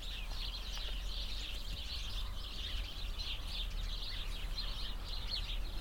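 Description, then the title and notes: Sparrows chirping as a dense, continuous flock chorus of short, bright notes, with steady low wind rumble underneath. Flock of sparrows in a bush beside a cow pasture, Hupperdange, windy summer morning. "hupperdange, sparrows and cows. Hupperdange - Bird Bush. The sounds of a bush full of sparrows nearby a cow pasture on a windy summer morning. Project - Klangraum Our"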